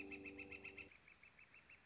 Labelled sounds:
Northern Flicker (Colaptes auratus)
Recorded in Sonoma County, California

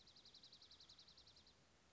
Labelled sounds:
Dark-eyed Junco (Junco hyemalis)
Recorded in Sonoma County, California

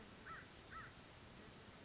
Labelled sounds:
American Crow (Corvus brachyrhynchos)
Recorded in Sonoma County, California

